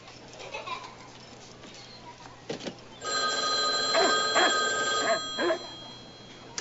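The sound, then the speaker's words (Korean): A telephone rings with a steady, buzzing electronic tone that starts midway and holds for several seconds, pulsing slightly, after a stretch of faint muffled noise and rustling, as a man calls his ex-wife from a payphone. “이런 사실을 모른 채 포스터는 전처 베스에게 다시 공중전화를 걸지만 그녀의 대답은 싸늘하기만 합니다.”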